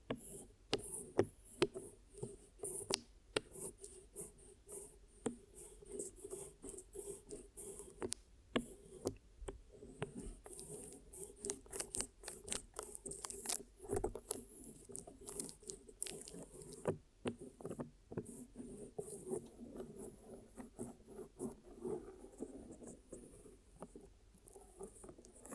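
Ear massage and cleaning: dense, uneven crackling and wet squishing clicks throughout, with sharp taps near the start and middle over a soft low rumble.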